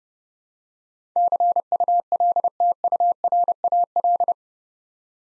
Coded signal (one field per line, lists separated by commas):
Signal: Morse code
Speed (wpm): 30 wpm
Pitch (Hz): 700 Hz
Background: none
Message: CULTURAL